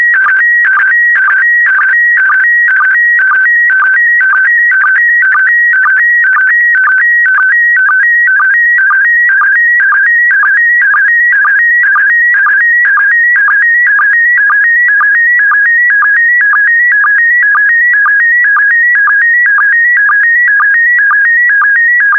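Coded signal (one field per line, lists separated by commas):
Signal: SSTV (slow-scan television)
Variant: PD120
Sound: warbling tone shifting between high pitches, with a rapid regular chirp-like sync tick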